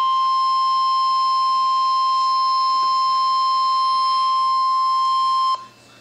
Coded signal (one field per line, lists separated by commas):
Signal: Emergency Alert System (SAME) tones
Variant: 1050 Hz attention tone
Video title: Severe Thunderstorm Warning (EAS #351)